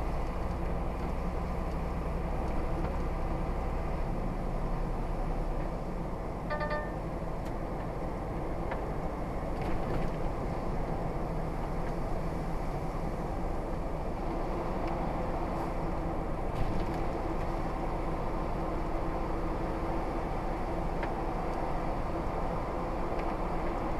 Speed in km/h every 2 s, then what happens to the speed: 40, 40, 47, 47, 47, 48, 50, 48, 47, 48, 48, 48.
0-9 speeds up to 48. 9-24 steady at about 48.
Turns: none.